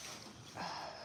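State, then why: Not seated. A door latch on a pen or stall door is being handled, with a low, steady rustling background that rises into a brighter, louder tone from about 0.6 s to the end. Nothing has seated or clicked yet; the latch has not gone home.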